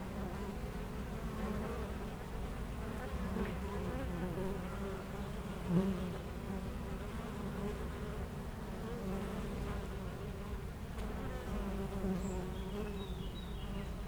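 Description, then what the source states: Honey bees making a steady low drone, passing bees swelling the hum now and then, with a few faint bird chirps late on. Foraging honey bees flying constantly to and from flowers between two hives of a garden apiary in Aix-les-Bains, France; a few birds in the nearby woods.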